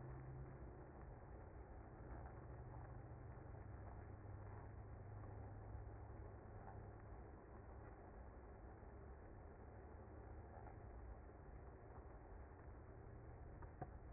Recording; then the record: honeybee colony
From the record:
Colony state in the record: active